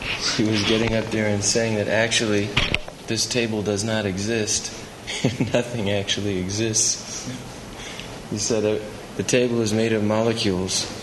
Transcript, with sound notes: He was getting up there and saying that actually this table does not exist. [laughs] Nothing actually exists. He said the table is made of molecules,